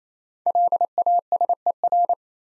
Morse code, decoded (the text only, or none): LASER